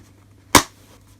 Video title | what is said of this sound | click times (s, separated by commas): Review and Gaming on a Macbook 12" Retina as a Portable Steam Machine | you may see here clicks back into place very cool | 0.5 s